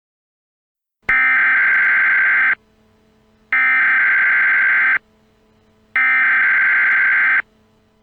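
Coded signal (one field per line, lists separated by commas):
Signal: Emergency Alert System (SAME) tones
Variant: header bursts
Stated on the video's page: Fictional EAS scenario containing valid SAME tones.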